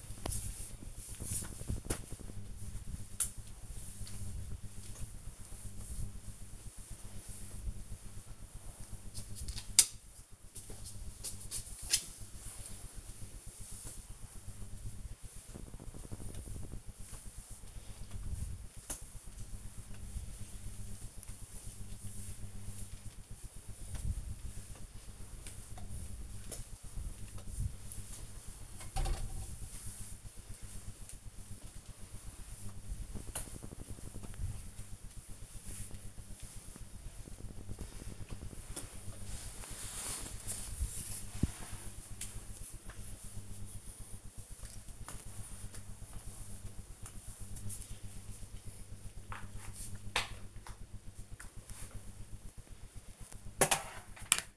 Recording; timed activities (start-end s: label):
household activities, microphone on the right wrist
0.00-51.16 s: floor cleaning